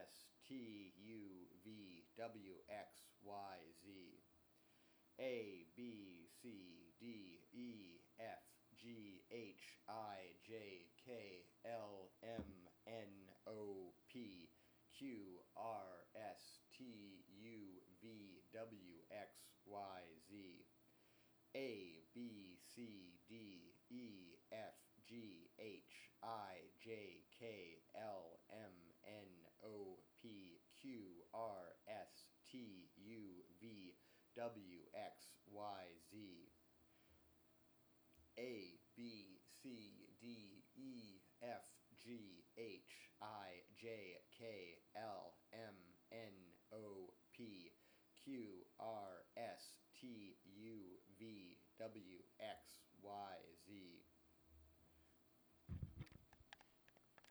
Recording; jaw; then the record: letters of the alphabet, spoken; free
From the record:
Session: seven days later